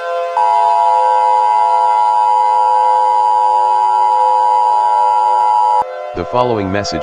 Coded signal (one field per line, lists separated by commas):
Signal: Emergency Alert System (SAME) tones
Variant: 853 and 960 Hz attention tone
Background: speech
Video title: The Hottest Day Ever Recorded in History, an EAS Scenario